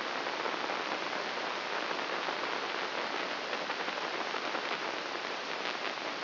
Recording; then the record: brain microelectrode recording played as sound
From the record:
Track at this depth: inside the subthalamic nucleus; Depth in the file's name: 0.107 mm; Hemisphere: right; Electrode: 3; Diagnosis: Parkinson's disease